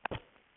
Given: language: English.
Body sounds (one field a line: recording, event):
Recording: throat vibration sensor signal played as sound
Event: cough